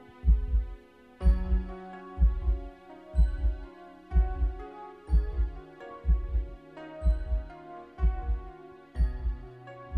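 A steady, regular adult heartbeat at about 62 beats per minute, with deep low thumps, over soft tonal music in the background.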